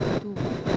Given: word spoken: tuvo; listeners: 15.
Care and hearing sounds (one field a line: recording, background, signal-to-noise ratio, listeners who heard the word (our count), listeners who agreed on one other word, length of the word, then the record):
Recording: one Spanish word in noise, from a listening test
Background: noise modulated by three-talker babble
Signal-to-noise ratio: -7.0 dB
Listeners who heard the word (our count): 3 of 15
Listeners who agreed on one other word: 9 of 15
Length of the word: 0.37 s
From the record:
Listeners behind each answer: 9, 3, 2, 1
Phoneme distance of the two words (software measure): 14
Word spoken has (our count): 2 syllables, 4 phonemes, stress on syllable 1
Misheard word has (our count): 1 syllable, 2 phonemes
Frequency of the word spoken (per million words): 232.63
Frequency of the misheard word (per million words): 308.45